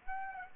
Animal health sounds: mosquito wingbeat signal from an infrared sensor; Aedes aegypti

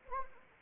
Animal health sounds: mosquito wingbeat signal from an infrared sensor; Anopheles arabiensis

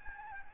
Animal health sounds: mosquito wingbeat signal from an infrared sensor; Aedes albopictus

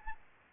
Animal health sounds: mosquito wingbeat signal from an infrared sensor; Aedes albopictus

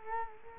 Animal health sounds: mosquito wingbeat signal from an infrared sensor; Culex quinquefasciatus

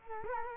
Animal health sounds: mosquito wingbeat signal from an infrared sensor; Culex quinquefasciatus

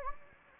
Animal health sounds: mosquito wingbeat signal from an infrared sensor; Anopheles gambiae

